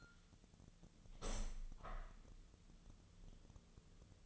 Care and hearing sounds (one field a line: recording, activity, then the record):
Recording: daily activity, microphone in the room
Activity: open window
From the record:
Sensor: 4